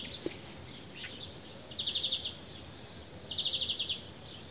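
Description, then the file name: European greenfinch calls: two short, fast trills of several even notes, spaced about a second and a half apart, over steady high hiss. "Chloris chloris"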